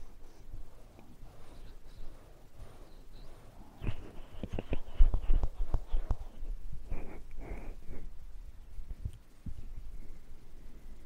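Ear cleaning and massage sounds: soft rubbing and rustling that turn into a run of sharp crackles and pops from about four to six seconds. A few more scattered clicks follow, with a faint thin whistle-like tone near the end.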